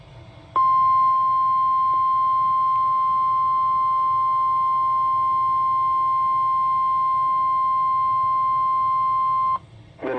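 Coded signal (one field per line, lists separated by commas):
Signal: Emergency Alert System (SAME) tones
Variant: 1050 Hz attention tone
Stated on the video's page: Real EAS alerts from an enhanced-risk severe weather event, including tornado warnings.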